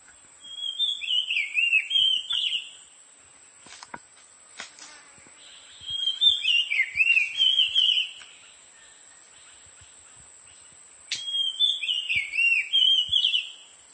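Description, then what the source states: Oriental magpie-robin repeating a rich, warbling whistled phrase three times, roughly every five seconds, with faint clicks and a steady thin high hum underneath. Subspecies Copsychus saularis musicus.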